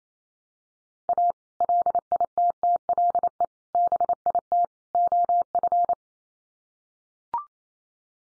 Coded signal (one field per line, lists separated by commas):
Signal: Morse code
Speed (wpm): 28 wpm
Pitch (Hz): 700 Hz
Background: none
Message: A LITTLE BIT OF